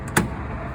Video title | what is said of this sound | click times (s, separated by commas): Gas Station Tutorial (Easy 2022) | you want to twist it until it clicks and it won't move | 0.2 s